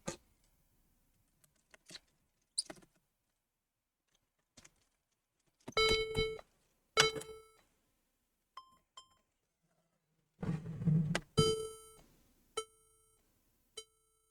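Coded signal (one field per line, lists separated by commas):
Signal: beep code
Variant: HP laptop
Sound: clicks and rustling, three longer buzzy beeps, then two short beeps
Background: handling noise, clicks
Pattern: 3 long, 2 short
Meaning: Points to a memory (RAM) problem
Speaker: as soon as i put the battery back in then you're still getting the three beeps and two short beeps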